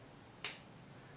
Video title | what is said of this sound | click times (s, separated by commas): Indian Scout exhaust install and first start | never heard that but it had a very positive click | 0.4 s